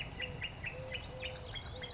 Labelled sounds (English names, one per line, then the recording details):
Eurasian Collared Dove
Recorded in Sonoma County, California